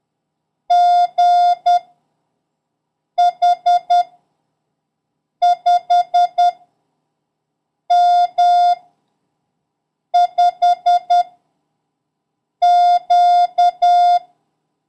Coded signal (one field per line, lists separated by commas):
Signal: Morse code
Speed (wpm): 10 wpm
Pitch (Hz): 710 Hz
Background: none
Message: G H 5 M 5 Q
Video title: International Morse Code: Lesson 7